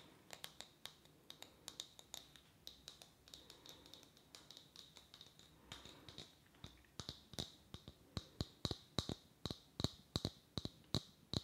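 Sharp tapping strikes, each a crisp click with a bright ring on top. They start sparse and uneven, then quicken after about six seconds into a denser, nearly steady run of louder taps. A faint low hum sits underneath throughout.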